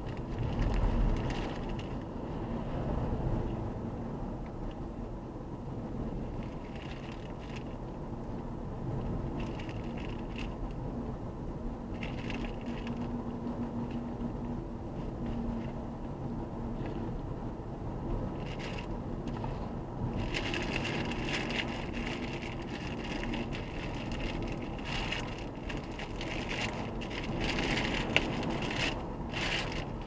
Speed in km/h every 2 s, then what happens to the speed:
58, 58, 56, 56, 55, 56, 57, 59, 61, 62, 60, 60, 61, 63, 63.
0-9 steady at about 56. 9-16 speeds up to 61. 16-30 steady at about 61.